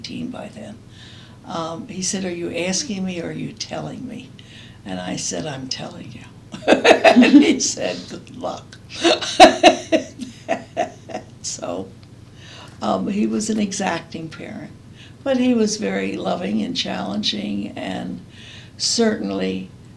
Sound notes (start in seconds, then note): 6.5 laughs; 8.9 laughs